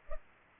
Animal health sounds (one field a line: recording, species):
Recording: mosquito wingbeat signal from an infrared sensor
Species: Culex pipiens